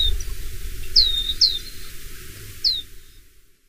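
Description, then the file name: Chestnut-flanked white-eye uttering short, high, falling call notes, several at irregular intervals, with low background rumble. Recorded 4 February 2024. "chousenmejiro murayama yanagawakenji"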